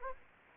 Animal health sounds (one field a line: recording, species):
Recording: mosquito wingbeat signal from an infrared sensor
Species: Anopheles gambiae